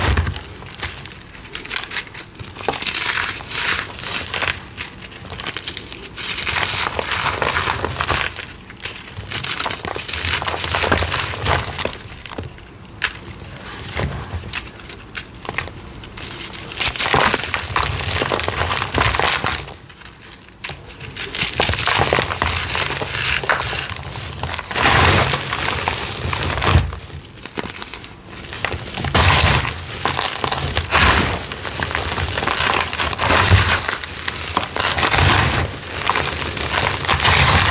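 Crumbly blocks of dyed gym chalk and cornstarch are crushed, giving dense, bright crunching and crinkling that runs almost without pause. The crunches come in quick bursts with brief softer dips near 13 and 20 seconds.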